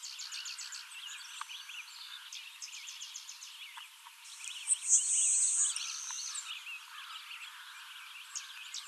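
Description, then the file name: LeConte's sparrow song: a drawn-out, high insect-like buzz near the middle, after rapid ticking and twittering from other birds. Recorded 21 July 2019; the recording holds six songs. "2019-07-21 Le Contes Sparrow 6 songs"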